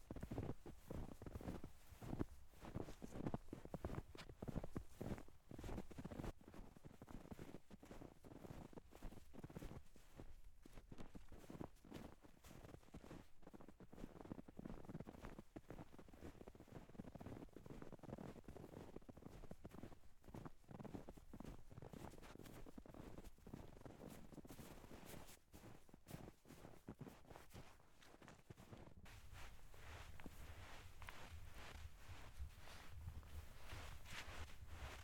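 Footsteps crunch through deep snow in a steady rhythm of dense packed crunches for most of the recording. Wind rumbles low against the microphone throughout, and around the thirty-second mark the steps give way to a smoother, rumbling wind noise.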